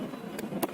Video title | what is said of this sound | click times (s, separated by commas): How to Refill CANON 303 Laserjet Black Toner Cartridge. #tonerrefilling #canonprinter #canon | yeah it will make a sound click sound then take the | 0.4 s, 0.6 s